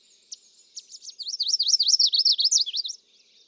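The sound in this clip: Chestnut-sided warbler delivering a high, quick series of slurred notes swinging up and down, building after a few opening chips.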